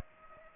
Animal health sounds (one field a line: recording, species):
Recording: mosquito wingbeat signal from an infrared sensor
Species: Culex pipiens